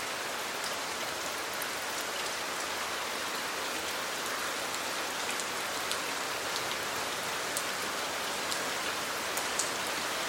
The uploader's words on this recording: 1 Hour Rain-no loops or fades.